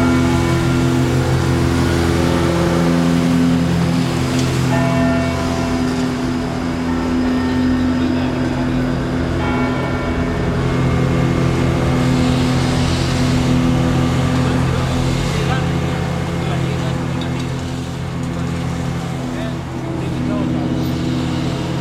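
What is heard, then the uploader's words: Street ambience outside an old city hall on a busy downtown street. Steady, dense traffic rumble fills the low end while long, ringing bell-like tones hang over it throughout, with faint voices and passing vehicles mixed in at a constant loudness. Toronto Old City Hall, Queen St. W. 10:00am.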